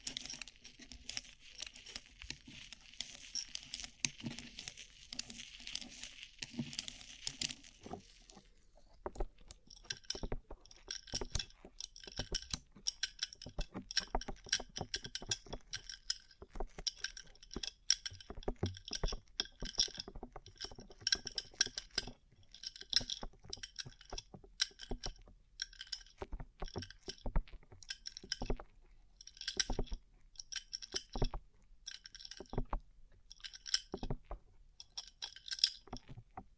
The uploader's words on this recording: ASMR Rhinestone Covered Tapping 3Dio (No Talking).